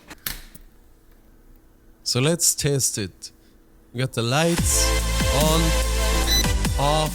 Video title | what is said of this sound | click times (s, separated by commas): How to Remodel Your Ugly Kitchen on a Budget | just snap right in there so | 0.3 s